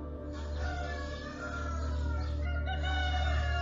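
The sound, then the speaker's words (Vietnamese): A rooster crows loudly, its long drawn-out call rising and wavering with strong harmonic tones, carried over a steady low rumble of background noise. “Tiếng gà gáy vang lên như thúc giục.”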